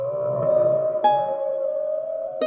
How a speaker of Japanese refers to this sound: あ、クジラだ。 おお、たくさん集まってきたようじゃの。